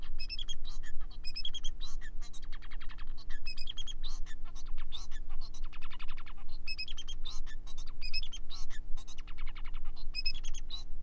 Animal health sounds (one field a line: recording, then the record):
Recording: song of a male Bengalese finch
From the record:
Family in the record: son of father 4